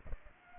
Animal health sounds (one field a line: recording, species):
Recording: mosquito wingbeat signal from an infrared sensor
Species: Aedes aegypti